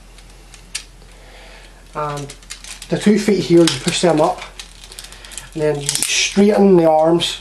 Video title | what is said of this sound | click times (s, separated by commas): power ranger zeo zeo megazord review. | and then what you do is you push this bit down until you hear a click, | 0.8 s